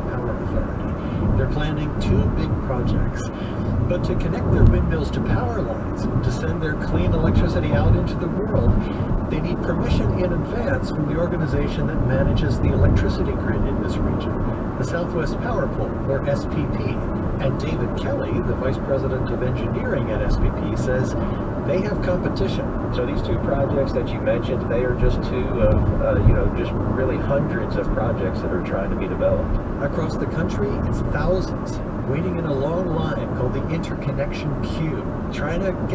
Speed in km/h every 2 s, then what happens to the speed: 81, 81, 81, 81, 79, 79, 79, 81, 81, 82, 82, 81, 82, 82, 82, 79, 77, 77.
0-29 steady at about 81.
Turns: none.